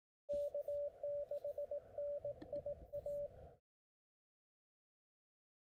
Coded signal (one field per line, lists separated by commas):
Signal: Morse code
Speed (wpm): 18 wpm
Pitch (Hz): 580 Hz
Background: radio noise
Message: K6NIA